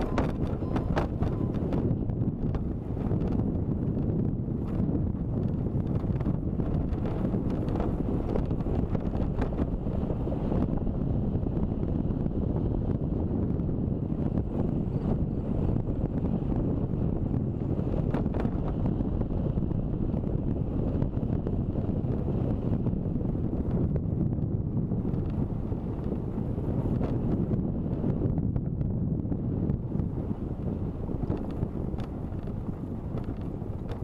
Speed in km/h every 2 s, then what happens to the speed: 21, 23, 21, 23, 24, 24, 23, 23, 22, 22, 20, 20, 19, 20, 19, 18, 17.
0-34 steady at about 21.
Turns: none.